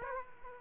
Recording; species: mosquito wingbeat signal from an infrared sensor; Aedes aegypti